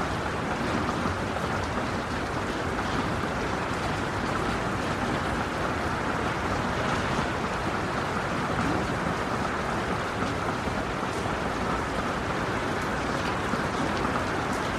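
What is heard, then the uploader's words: Rain falls in a dense, unbroken wash, steady in level from start to finish. The hiss spreads from a low rumble up to a bright top, with faint quick patters scattered through it and no separate events standing out. Serene Rain Sounds.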